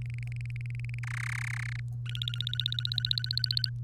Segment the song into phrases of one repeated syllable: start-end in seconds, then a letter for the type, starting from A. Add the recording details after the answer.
0.02-0.99 A, 1.03-1.80 B, 2.06-3.70 C. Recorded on 3 May 2018 at 12:38. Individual llb3